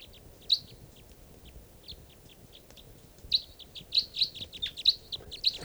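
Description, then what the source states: Crossbill calls, scattered high chips that grow louder and denser toward the end. Wild crossbills near camp, about 6:00 p.m., possibly type 3s; three birds coming down.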